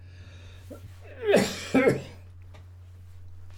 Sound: coughs

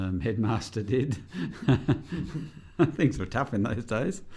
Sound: laughs

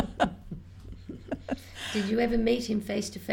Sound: laughs

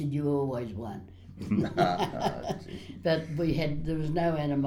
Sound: laughs

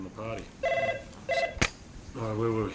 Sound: interrupted by phone call

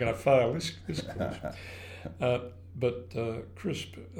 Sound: laughs

